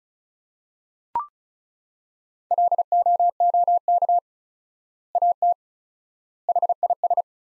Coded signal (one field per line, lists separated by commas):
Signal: Morse code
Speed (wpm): 36 wpm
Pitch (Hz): 700 Hz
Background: none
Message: LOOK AT HIS